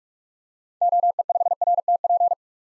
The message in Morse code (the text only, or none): OE5RTP